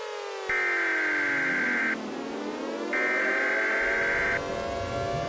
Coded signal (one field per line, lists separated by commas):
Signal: Emergency Alert System (SAME) tones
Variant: header bursts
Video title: EAS Scenario #2 Global Hurricane